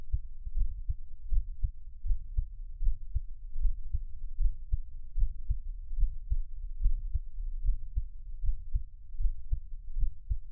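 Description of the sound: Soft, low, muffled thumps repeat at about 78 a minute in a steady rhythm over a faint low hum. An adult's own heartbeat, close up with no talking, at an ordinary resting rate, offered as Taiwanese ASMR for relaxation and best heard on headphones.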